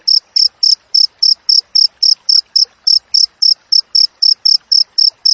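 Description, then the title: Cricket sound of shrill repeated chirps, short and evenly timed, nearly four every second. Clear natural cricket chirping with tightly spaced chirps, used for training songbirds and for repelling rats. "Masteran Jangkrik Alam Jernih, Jeda Rapat Cocok Untuk Masteran Burung Dan Mengusir Tikus"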